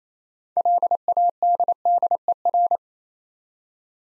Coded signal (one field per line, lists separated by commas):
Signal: Morse code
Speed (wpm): 27 wpm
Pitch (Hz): 700 Hz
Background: none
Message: LADDER